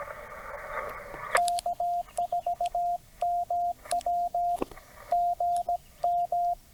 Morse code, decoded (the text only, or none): K4MW GM